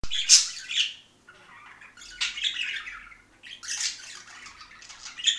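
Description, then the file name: Budgerigar chatter: scratchy, squeaky warbling notes in uneven loud bursts over a low background murmur of twittering. Several budgerigars, singing. "poyushhie volnistye popugai"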